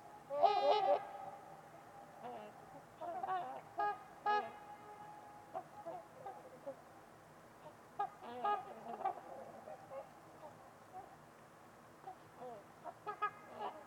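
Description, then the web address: Trumpeter swan calls, a loud bugled honk at the start followed by irregularly spaced honks, some faint and some strong. Trumpeter swans on a winter's eve at Winters Lake in a deep, quiet valley, with distant white noise. "Trumpeter Swans on a Winter's Eve. Winters-Lake-with-Swan. Wind Is the Original Radio"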